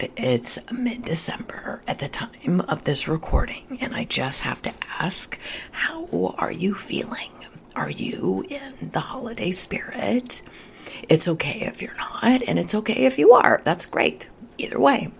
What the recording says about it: I am working through a vocal condition called spasmodic dysphonia, so hopefully my voice will not give out during this solo episode, but in case you're wondering why my voice kind of sounds hoarse, that's why.